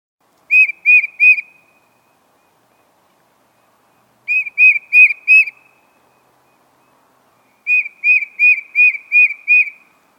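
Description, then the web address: Tufted titmouse song: clear whistled notes in bursts of three to six, with bursts about every three and a half seconds against a quiet background. Often at feeders in winter, fond of sunflower seeds; clear, distinctive 'peter, peer, peer' song. "for the birds. Tufted Titmouse"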